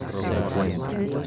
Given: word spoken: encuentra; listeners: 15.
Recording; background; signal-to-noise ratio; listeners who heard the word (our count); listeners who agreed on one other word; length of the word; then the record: one Spanish word in noise, from a listening test; eight-talker babble; -3.4 dB; 0 of 15; 6 of 15; 0.87 s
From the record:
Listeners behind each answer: 6, 3, 1, 1, 1, 1, 1, 1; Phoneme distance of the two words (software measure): 79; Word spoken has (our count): 3 syllables, 9 phonemes, stress on syllable 2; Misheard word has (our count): 2 syllables, 6 phonemes, stress on syllable 1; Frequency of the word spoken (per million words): 156.22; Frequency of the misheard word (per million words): 2.24